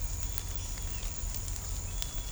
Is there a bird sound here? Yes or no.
no